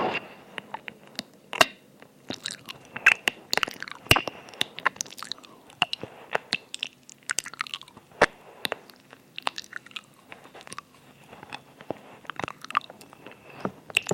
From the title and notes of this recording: ASMR EAR EATING [tingly mouth sounds].